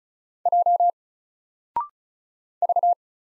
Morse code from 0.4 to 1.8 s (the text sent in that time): J